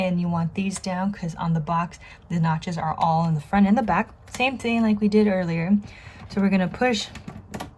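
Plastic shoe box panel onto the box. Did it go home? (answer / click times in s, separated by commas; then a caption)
no / none. Someone talks while lining up a notched clear plastic panel for a stackable shoe box, with the notches at the front and back, getting ready to push it onto the box. A couple of brief handling taps are heard near the end, but nothing has seated or clicked yet.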